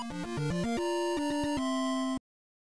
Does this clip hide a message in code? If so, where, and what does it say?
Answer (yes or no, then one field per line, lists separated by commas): no